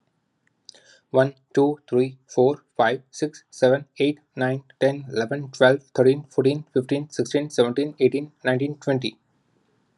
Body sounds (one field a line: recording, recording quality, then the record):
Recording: counting at a fast pace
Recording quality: excellent, no background noise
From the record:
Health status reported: healthy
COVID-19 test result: negative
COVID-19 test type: RT-PCR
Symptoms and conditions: sore throat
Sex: male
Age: 32 years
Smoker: no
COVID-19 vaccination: both doses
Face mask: not worn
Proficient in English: yes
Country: United States